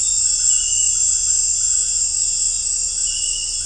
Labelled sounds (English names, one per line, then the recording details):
none
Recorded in secondary vegetation near Puerto Asís, Putumayo, Colombia, on 21 December 2024 at 18:30
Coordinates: 0.498, -76.327
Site GP07